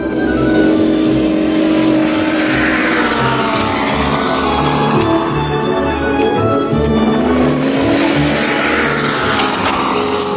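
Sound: car engine revving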